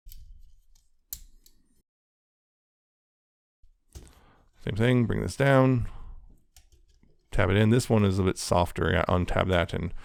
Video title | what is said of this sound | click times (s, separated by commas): Review: Transformers Legacy Velocitron Speedia 500 Collection Galaxy Shuttle | bring out the fist until it clicks into place same | 1.1 s